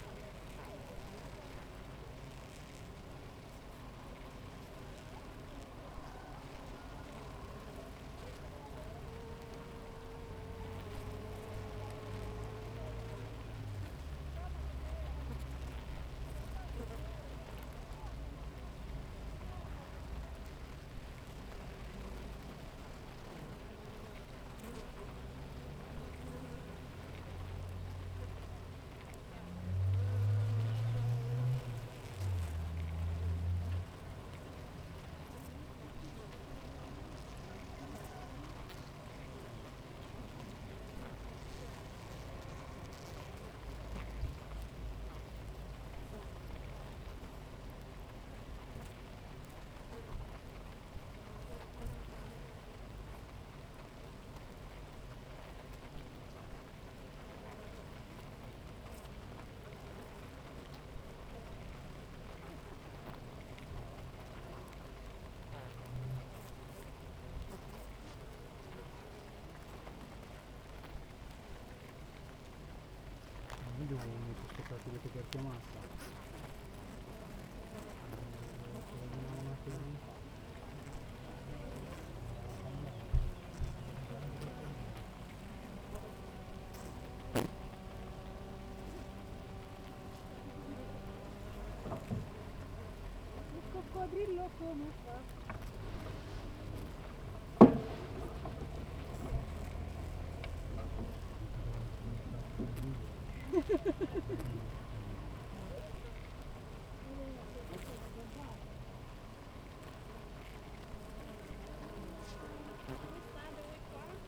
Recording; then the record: honeybee colony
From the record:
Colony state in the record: active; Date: 28 July 2017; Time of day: 7:51